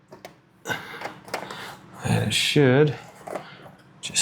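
Someone talks while the headrail of a Smartwings dual-motor roller shade is lined up on its mounting bracket, with the shade's front hooks placed under the bracket and the headrail positioned before being pushed home. Light knocking and handling sounds are heard, including two brief knocks near 3.3 s. Nothing has seated or clicked yet.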